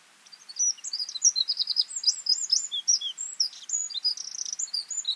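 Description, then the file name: Eurasian wren delivering one sustained burst of shrill, tumbling notes and quick trills at a rapid pace. "Troglodytes troglodytes"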